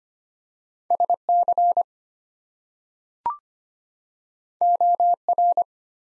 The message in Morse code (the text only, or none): SC OR